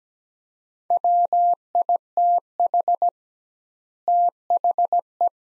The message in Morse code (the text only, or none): WITH THE